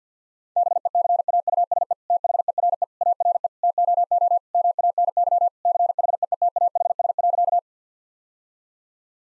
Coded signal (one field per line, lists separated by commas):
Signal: Morse code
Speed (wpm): 50 wpm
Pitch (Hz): 700 Hz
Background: none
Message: BECAUSE THERE ARE TOO MANY CHEETAHS.